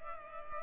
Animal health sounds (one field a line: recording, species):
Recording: mosquito wingbeat signal from an infrared sensor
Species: Culex pipiens